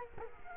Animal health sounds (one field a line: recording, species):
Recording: mosquito wingbeat signal from an infrared sensor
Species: Culex quinquefasciatus